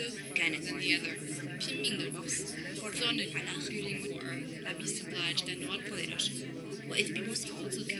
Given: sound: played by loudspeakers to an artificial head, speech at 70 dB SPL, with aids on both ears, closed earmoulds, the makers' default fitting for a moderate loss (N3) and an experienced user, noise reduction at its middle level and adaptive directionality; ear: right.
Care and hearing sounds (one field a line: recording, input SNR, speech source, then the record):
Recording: speech test signal (ISTS) in cocktail-party noise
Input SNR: -6 dB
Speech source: in front (0 degrees)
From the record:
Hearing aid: class 2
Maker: J